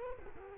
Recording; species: mosquito wingbeat signal from an infrared sensor; Culex quinquefasciatus